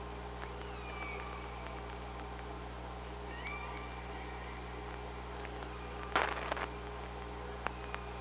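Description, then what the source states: Killer whale calls: two drawn-out harmonic tones, one sliding down near one second and one rising then level near three and a half seconds, with underwater hum and scattered clicks. Recorded on the OrcaLab hydrophone, 24 August 2017, 05:25:18.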